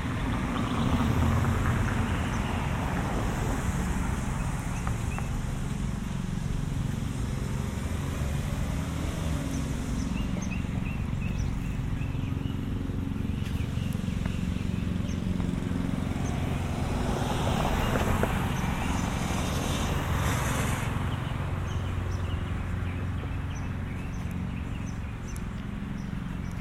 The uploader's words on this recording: Walking home from the mall. A binaural recording of a walk from Cross County Mall to our house in Mount Vernon. An hour long walk through lower Westchester County, in the suburbs of New York City.